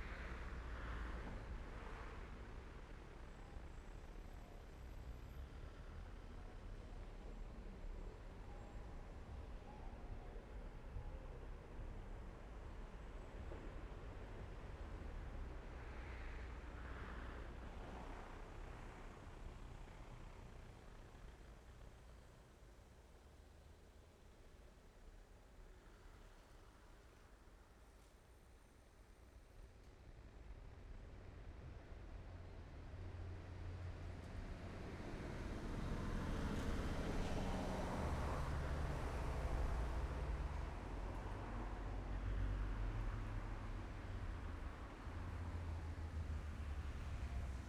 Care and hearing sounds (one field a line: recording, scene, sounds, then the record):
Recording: everyday scene through a hearing-aid microphone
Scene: in traffic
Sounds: traffic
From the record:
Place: main road on the outskirts, rush hour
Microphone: behind the ear, left, front